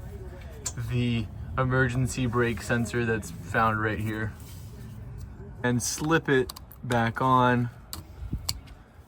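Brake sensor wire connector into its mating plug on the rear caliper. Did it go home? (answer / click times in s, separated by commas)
yes / 8.5 s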